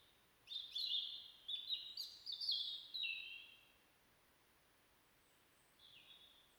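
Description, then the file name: European robin song, a rapid, varied phrase of high tinkling and trilled notes for about three seconds, then a short faint note after a pause. "Erithacus rubecula"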